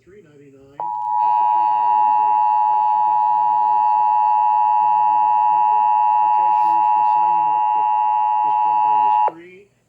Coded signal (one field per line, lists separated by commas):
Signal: Emergency Alert System (SAME) tones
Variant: 853 and 960 Hz attention tone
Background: speech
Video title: A new replacement! EAS Alerts from 9/12/19 - 9/25/19 (EAS #3,353 - 3,359)